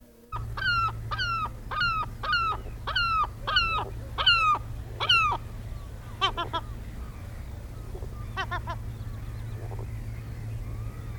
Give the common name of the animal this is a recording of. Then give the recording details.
European Herring Gull. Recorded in the wild. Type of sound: call. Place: Kleiner Jasmunder Bodden, Insel Rügen, Mecklenburg-Vorpommern, DE. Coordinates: 54.93, 13.53. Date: 1969-10-07. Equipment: Nagra III BH, Sennheiser MD 21, parabola. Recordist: Schubert, Michael. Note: Rufe fliegender Silbermöwe